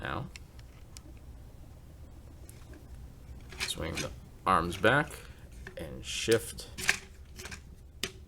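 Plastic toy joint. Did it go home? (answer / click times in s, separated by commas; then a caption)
yes / 8.0 s. During transformation of a plastic Transformers Combiner Wars Leader class Ultra Magnus robot figure, the arms are swung back and the shoulders are shifted up into their locked position while someone talks. Light plastic handling ticks are heard before a sharp click at 8.0 s as the shoulder joint seats into place.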